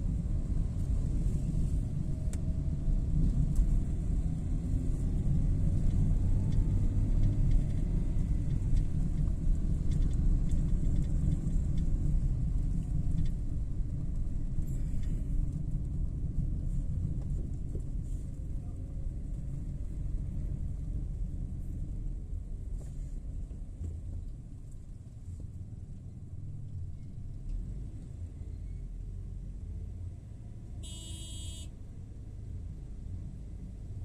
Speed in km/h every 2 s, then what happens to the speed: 25, 29, 34, 35, 32, 29, 24, 19, 15, 17, 11, 5, 1, 1, 0, 0, 0.
0-4 speeds up to 34. 4-9 steady at about 34. 9-24 slows to 1. 24-34 standing.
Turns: none.